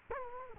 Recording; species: mosquito wingbeat signal from an infrared sensor; Culex quinquefasciatus